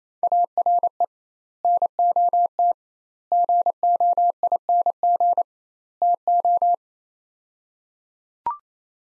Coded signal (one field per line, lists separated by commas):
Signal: Morse code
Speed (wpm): 28 wpm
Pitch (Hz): 700 Hz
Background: none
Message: ARE NOT GOING TO